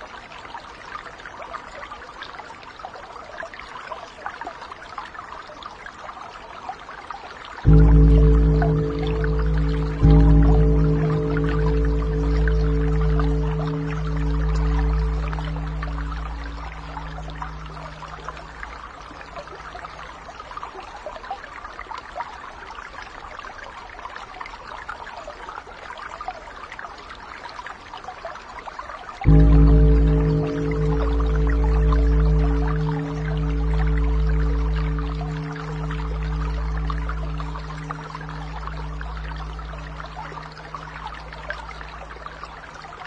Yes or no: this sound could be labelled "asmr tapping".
no